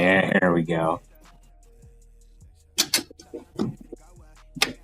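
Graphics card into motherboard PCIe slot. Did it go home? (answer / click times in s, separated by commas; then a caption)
yes / 4.6 s. Someone talks briefly, then a graphics card is pushed down into a motherboard's PCIe slot during a 5070 Ti PC build, with several handling knocks and clatters from about 2.8 to 3.6 seconds. At 4.6 seconds the slot's plastic retention latch snaps shut with a sharp click, and the card is seated.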